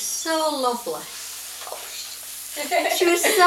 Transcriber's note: laughs